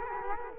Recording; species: mosquito wingbeat signal from an infrared sensor; Culex quinquefasciatus